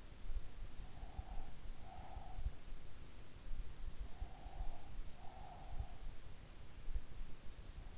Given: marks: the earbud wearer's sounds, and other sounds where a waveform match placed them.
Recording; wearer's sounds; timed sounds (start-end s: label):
sounds in sleep by an in-ear microphone; breath
0.99-2.52 s: breath
4.16-6.09 s: breath